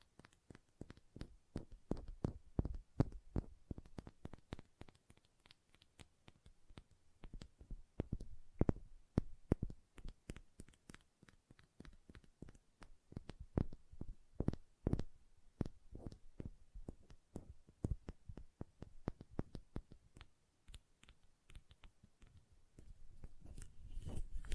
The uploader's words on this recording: Hand Sounds, Nail Tapping and Lotion Sounds.